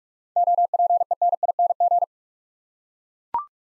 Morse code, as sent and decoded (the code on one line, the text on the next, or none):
--- .--. . -. .. -. --.
OPENING